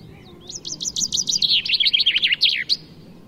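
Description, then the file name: Common chaffinch song: a rapid, high trill of chipping notes that drops in pitch, ending in a short flourish, over low background noise. "Fringilla coelebs"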